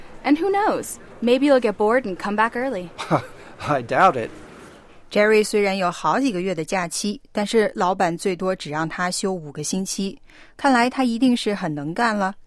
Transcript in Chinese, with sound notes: Who knows? Maybe you'll get bored and come back early!
(laugh) I doubt it.
Jerry 虽然有好几月的假期，但老板最多只让他休五个星期，看来他一定是很能干。